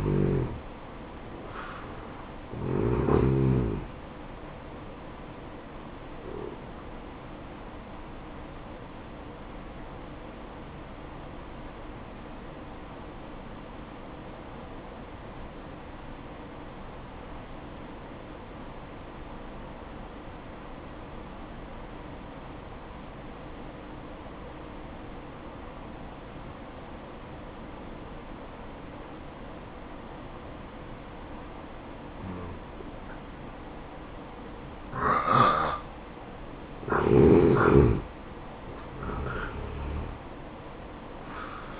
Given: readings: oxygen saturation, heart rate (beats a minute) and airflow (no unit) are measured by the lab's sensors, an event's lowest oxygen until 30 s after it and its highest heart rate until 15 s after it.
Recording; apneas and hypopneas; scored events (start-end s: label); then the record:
breathing in sleep by a voice recorder at the bedside; 1
6.00-36.40 s: hypopnea (N1, oxygen 95% highest, then 83% lowest, heart rate 66 at the start, 70 highest)
From the record:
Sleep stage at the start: N1 (lightest sleep); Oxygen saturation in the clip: 83 to 95%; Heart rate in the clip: 62 to 71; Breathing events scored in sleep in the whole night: 573 in 9.8 hours asleep